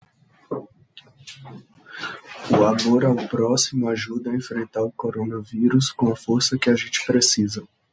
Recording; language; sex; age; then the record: spoken sentence; Brazilian Portuguese; male; 20 to 29 years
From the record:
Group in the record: control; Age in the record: 26 years